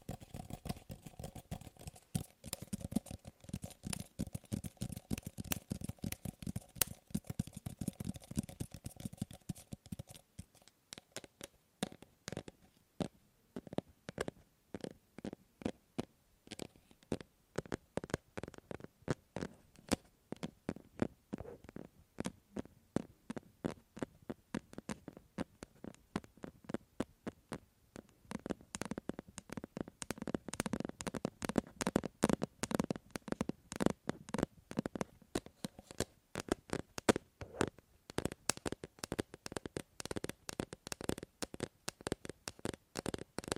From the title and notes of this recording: ASMR Fast & Slow Tapping on 6 Objects No Talking.